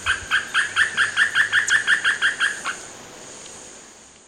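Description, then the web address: Bamboo Foliage-gleaner giving many rhythmic, slightly buzzy notes in quick succession that stop abruptly, followed by quiet with a continuous high insect whine. Ecuador. "Birds of Ecuador. Bamboo Foliage-gleaner"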